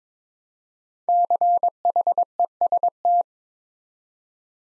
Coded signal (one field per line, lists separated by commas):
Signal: Morse code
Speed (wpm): 22 wpm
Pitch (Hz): 700 Hz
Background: none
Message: CHEST